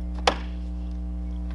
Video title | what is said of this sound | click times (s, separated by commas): My Alarm Center - How to Change the Batteries in a Standard Honeywell Carbon Monoxide (CO) Detector | the sensor back on the wall now and turn it clockwise until you hear it click once | 0.3 s